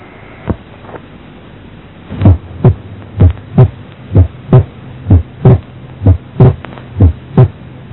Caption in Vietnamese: Tiếng thứ hai tách đôi ở đây nghe rõ khi bệnh nhân thở ra. Ở thì thở vào, nghe tiếng tách đôi xít lại đôi khi thành một tiếng duy nhất.